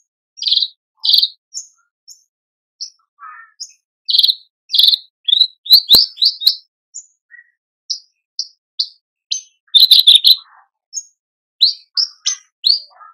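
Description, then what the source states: Horsfield's bush lark song of varied sharp chirps in uneven bursts, with a sharp click partway through. Masteran for training cage birds; a very active, vigorous singer.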